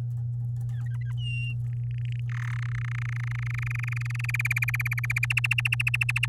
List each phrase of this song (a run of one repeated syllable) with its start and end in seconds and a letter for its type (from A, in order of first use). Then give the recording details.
0.69-1.12 A, 1.17-1.54 B, 1.66-2.20 C, 2.29-2.57 D, 2.59-4.26 E, 4.29-5.26 F, 5.30-6.26 G. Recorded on 11 May 2018 at 05:33. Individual llb16